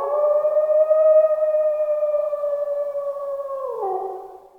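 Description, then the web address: Wolf howl: one long, steady, mournful tone held for nearly four seconds, then dropping in pitch and fading away. Forest. "Tierstimmen Wald Wolf"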